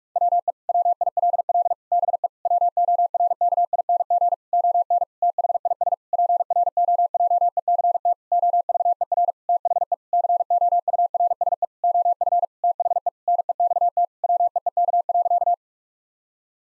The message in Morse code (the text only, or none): WE WILL BE WORKING ON THIS PROJECT OVER THE COURSE OF THE NEXT WEEK.